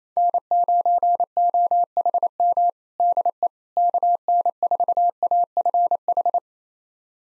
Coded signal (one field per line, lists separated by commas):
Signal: Morse code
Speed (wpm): 28 wpm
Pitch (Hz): 700 Hz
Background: none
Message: N9OHM DE KN4AFH